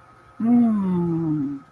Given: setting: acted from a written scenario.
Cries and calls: vocal sound without words; contentment

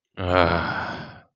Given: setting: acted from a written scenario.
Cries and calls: vocal sound without words; ecstasy

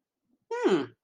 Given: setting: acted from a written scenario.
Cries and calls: vocal sound without words; realization

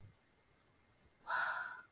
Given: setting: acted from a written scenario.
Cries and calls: vocal sound without words; awe

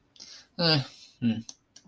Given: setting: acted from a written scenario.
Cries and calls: vocal sound without words; neutral

